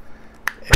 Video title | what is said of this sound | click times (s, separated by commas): Andis eMerge Review! | clicks right in place. Feels like it's more secure than the BGR one was | 0.5 s